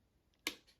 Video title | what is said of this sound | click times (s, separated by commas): Honda GB350 OEM USB charger unboxing - installation | anticlockwise, you'll hear it click | 0.5 s